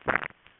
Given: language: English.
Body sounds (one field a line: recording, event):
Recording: throat vibration sensor signal played as sound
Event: swallow